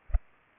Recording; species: mosquito wingbeat signal from an infrared sensor; Culex pipiens